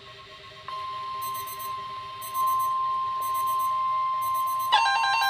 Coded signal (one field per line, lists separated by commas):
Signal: Emergency Alert System (SAME) tones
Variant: 1050 Hz attention tone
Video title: EAS #10 RWT--- FAIL!!! WITH NORTHERN ILLINOIS EAS 267